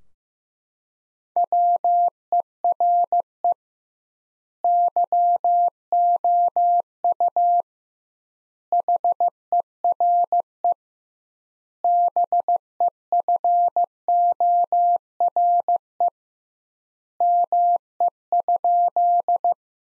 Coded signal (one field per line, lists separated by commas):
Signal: Morse code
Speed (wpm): 15 wpm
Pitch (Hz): 700 Hz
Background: none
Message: WERE YOU HERE BEFORE ME?